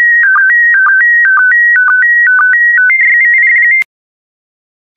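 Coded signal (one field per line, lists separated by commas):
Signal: SSTV (slow-scan television)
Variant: PD120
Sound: warbling tone stepping between pitches, with short low blips about twice a second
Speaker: complete you can now check your decoded image against the picture that is shown on the video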